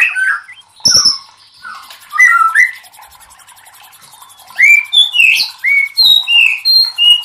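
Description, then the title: White-rumped shama song of clear whistled notes, some falling, some rising, with a pause in the middle and a string of bright whistles at the close. Used to train cage birds (masteran). "MURAI BATU LABAIK"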